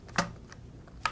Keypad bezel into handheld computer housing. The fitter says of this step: needs to be snapped in place and once